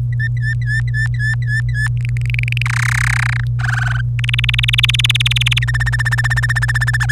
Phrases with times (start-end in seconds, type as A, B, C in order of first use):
0.12-1.88 A, 1.97-2.62 B, 2.65-3.44 C, 3.59-4.01 D, 4.19-5.59 E, 5.62-6.97 F, 7.00-7.11 G